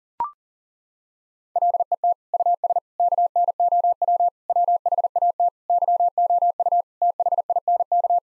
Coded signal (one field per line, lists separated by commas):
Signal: Morse code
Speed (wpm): 40 wpm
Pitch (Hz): 700 Hz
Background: none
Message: LET US KNOW WHAT YOU THINK